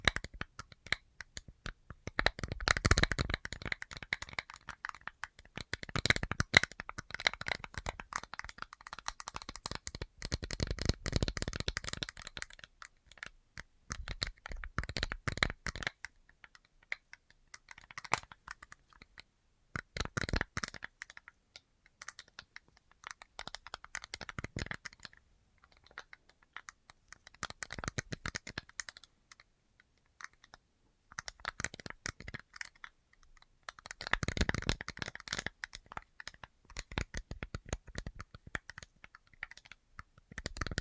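Quick, crisp tapping, like fingernails on hard surfaces, comes in dense bursts of a few seconds separated by brief pauses throughout. The taps are bright with a clicky, keyboard-like quality, and a couple of sharper cracks stand out.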